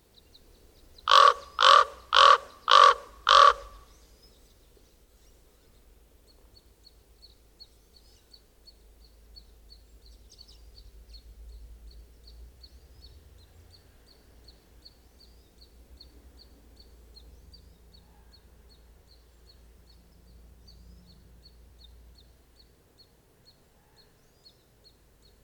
Common Raven call recorded in the Moraine Park Campground area in Rocky Mountain National Park.